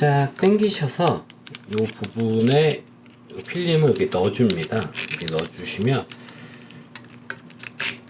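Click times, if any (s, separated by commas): 7.8 s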